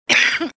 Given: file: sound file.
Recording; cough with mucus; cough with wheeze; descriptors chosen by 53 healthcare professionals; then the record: cough; no; yes; dry 29, wheezy 24, moist 10, rattling 9, hoarse 9, brassy 7, loose 5, barking 2, productive 1, bovine 0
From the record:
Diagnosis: COPD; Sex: female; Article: The description of cough sounds by healthcare professionals